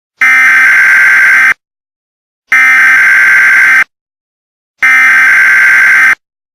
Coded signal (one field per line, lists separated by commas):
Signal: Emergency Alert System (SAME) tones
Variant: header bursts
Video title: EAS Christmas Scenario: Killer Santa